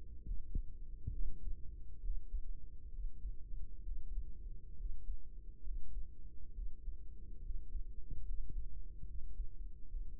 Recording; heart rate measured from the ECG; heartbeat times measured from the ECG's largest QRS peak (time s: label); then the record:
heart sounds by microphone in the right ear; 69 bpm
0.24 s: heartbeat
1.13 s: heartbeat
2.00 s: heartbeat
2.90 s: heartbeat
3.82 s: heartbeat
4.75 s: heartbeat
5.62 s: heartbeat
6.52 s: heartbeat
7.40 s: heartbeat
8.23 s: heartbeat
9.04 s: heartbeat
9.87 s: heartbeat
From the record:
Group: healthy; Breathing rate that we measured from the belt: 20 breaths a minute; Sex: male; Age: 35 years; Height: 178 cm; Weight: 64 kg